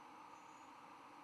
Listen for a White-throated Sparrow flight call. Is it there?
no